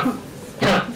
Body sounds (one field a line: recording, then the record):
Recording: coughing mixed with background sound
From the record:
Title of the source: Barking cough - # 10